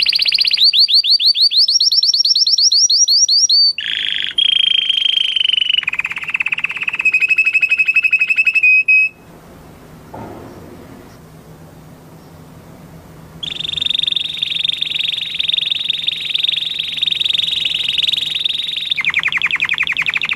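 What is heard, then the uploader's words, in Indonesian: An orange canary sings loud, high, rapid trills for the first nine seconds, shifting between quick rolling phrases and steadier buzzing rolls. The song drops out for about four seconds, leaving a faint low hum, then returns with one long, sustained buzzing trill to the end. Kenari Oranye.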